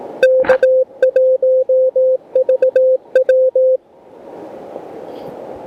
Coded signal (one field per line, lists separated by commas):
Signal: Morse code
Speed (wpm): 20 wpm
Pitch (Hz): 500 Hz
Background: music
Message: K1VW